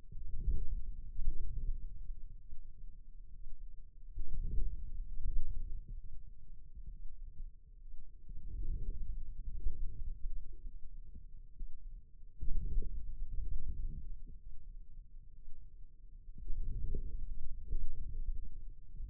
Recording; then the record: forearm muscle sounds (acoustic myography)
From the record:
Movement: inward rotation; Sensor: system 2, bracelet of six BSWA MPA416 microphones around the upper forearm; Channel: 6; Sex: male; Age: 22 years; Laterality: right